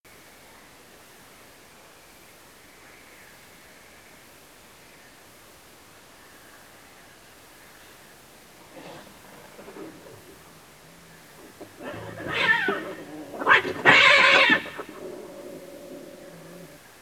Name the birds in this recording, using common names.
none